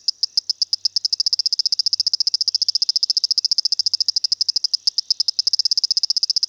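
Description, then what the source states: Dwarf swamp frog giving a continuous series of high, dry clicking pulses, briefly faltering near the end before resuming at the same quick pace. Pseudopaludicola motorzinho, described as a new species.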